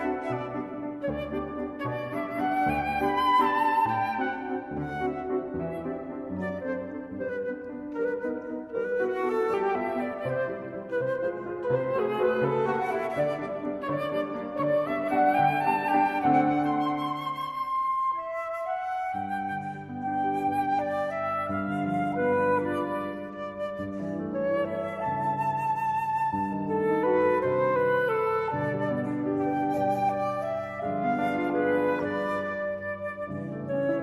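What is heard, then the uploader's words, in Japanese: At a sake brewery in Fushimi, Kyoto, steady melodic music fills the space, with layered tones and gliding, voice-like lines rising and falling over a low, full bed. Loudness stays even, apart from a brief thinning around the eighteen-second mark before the music resumes. 京都 伏見の酒蔵。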